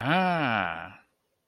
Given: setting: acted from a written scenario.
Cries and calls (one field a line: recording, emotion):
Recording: vocal sound without words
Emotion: positive surprise